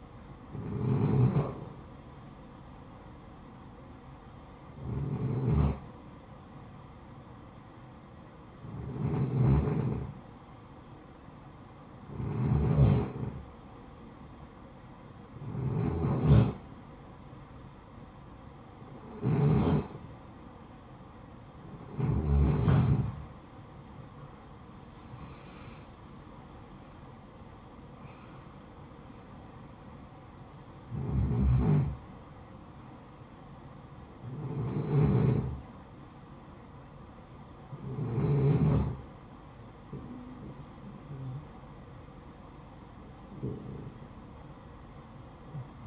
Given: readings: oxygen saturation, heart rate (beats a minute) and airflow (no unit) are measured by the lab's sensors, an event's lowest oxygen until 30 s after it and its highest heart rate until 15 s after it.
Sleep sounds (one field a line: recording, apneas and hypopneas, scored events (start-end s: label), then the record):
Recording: breathing in sleep by a smartphone at the bedside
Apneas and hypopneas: none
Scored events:
none scored
From the record:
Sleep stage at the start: REM sleep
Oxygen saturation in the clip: 79 to 95%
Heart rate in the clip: 54 to 78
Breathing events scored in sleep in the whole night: 573 in 9.8 hours asleep